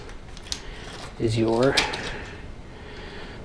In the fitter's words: he just crimp it together you gota wait for two clicks there you go and that's